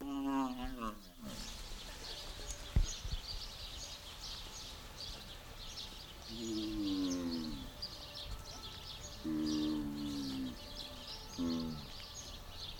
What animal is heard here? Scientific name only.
Syncerus caffer